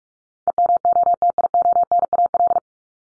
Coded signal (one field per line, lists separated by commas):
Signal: Morse code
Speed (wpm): 44 wpm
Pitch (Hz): 700 Hz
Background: none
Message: EMOTIONAL